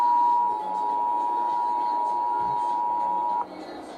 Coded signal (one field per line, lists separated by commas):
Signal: Emergency Alert System (SAME) tones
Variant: 853 and 960 Hz attention tone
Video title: Required Monthly Test EAS #166